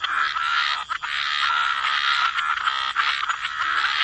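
Frog chorus, a continuous wall of overlapping raspy croaks and trills with hardly any breaks.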